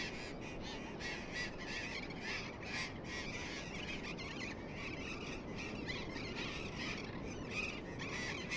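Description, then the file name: Burrowing parrots calling as a busy group, rough grating screeches tumbling over one another in quick succession above a steady rushing background. "tomas miguel - loros barranqueros"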